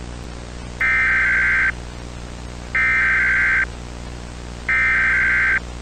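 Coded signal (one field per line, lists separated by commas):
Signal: Emergency Alert System (SAME) tones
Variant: header bursts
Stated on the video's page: Fictional EAS scenario.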